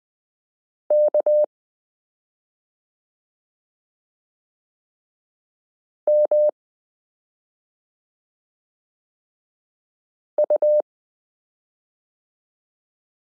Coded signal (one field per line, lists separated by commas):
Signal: Morse code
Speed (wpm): 20 wpm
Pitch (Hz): 600 Hz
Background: none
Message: KMU